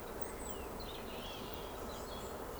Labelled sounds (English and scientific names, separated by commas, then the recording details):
Eurasian Woodcock (Scolopax rusticola) whistle
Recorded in Baden-Württemberg, Germany, on 12 June 2020 at 20:15 UTC
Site 14569, 102 m above sea level